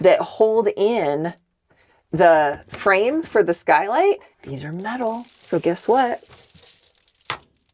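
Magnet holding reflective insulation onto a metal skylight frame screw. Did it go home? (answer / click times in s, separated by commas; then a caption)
yes / 7.3 s. Someone talks, then a magnet on silver Reflectix insulation is brought to a metal screw that holds the frame of an RV skylight. It snaps onto the screw with a single sharp click at 7.3 s, and the magnet is seated.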